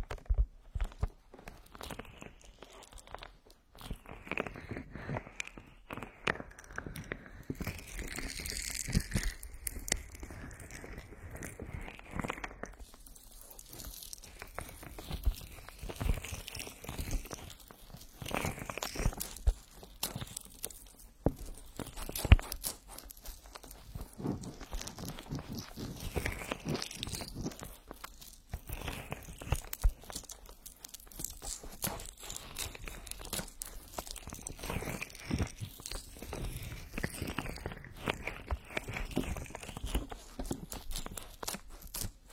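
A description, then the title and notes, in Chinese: Oily rubbing on the ears gives a continuous stream of soft, slick crinkling and squishing, made of many dense, quick strokes. Its texture shifts as the rubbing changes, with short quieter pauses around 4, 13 and 28 seconds and occasional sharper pops. 精油揉搓耳朵。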